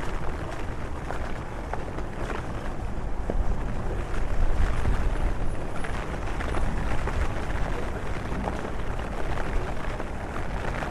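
Steady rain in a London street hisses continuously with dense scattered patter, a low rumble swelling slightly around the middle, likely passing traffic.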